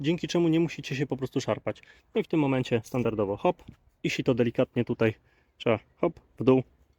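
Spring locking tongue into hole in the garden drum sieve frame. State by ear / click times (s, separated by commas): not seated / none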